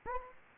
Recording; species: mosquito wingbeat signal from an infrared sensor; Anopheles gambiae